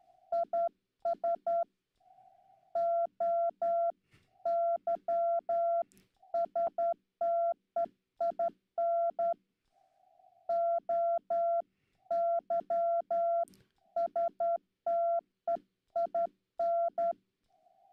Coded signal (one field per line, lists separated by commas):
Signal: Morse code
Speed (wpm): 12 wpm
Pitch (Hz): 680 Hz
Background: none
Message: IS OYSTEIN OYSTEIN